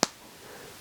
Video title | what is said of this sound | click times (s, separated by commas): Trying out Button-Fix plastic fasteners | one here you can snap right in to show you how it works snap that into the fitting and | 0.0 s